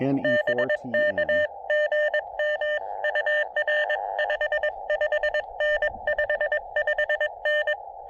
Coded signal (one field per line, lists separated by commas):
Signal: Morse code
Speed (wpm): 22 wpm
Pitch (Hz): 600 Hz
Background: speech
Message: BK GM UR 55N 55N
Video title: Foggy SOTA: Pairing the Elecraft KX2 and MPAS Lite for brilliant QRP fun on Craggy Dome!